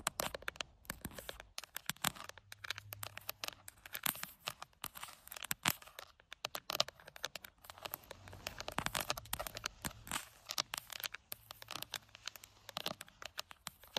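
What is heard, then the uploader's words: Tapping on an outdoor camera, a rapid, irregular stream of sharp clicks and knocks with brief pauses between bursts. The taps have a dry, crackly, crinkling edge. A low hum rises underneath around the third, ninth and twelfth seconds. ASMR Outdoor Camera Tapping! No Talking.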